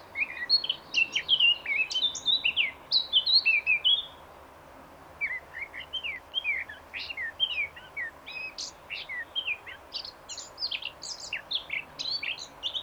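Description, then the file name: Eurasian blackcap warbling a quick, jumbled phrase of high twittering notes, a pause of about a second, then a longer varied warble with sharp whistled notes. "Sylvia atricapilla"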